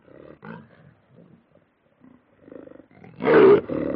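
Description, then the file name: Lion giving low, grumbling growls that build into one loud, harsh snarl near the end, followed by a shorter rasping growl. Lion growls and snarls. "audio hero Lion"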